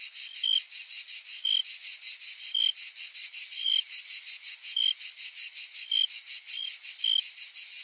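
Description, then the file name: Cicada song, a dense high-pitched buzzing that pulses rapidly and evenly, while brief tonal chirps cut in about once each second. "Cigarras"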